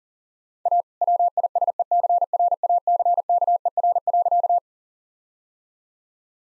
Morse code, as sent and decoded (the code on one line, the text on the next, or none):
.- / .-- .. ... . -.-. .-. .- -.-. -.- . .-. .-.-.-
A WISECRACKER.